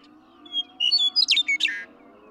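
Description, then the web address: Western meadowlark song: a short whistle, then several whistled notes breaking into a fast, liquid gurgle, all within two seconds. "birdsongforthecurious songs Western Meadowlark"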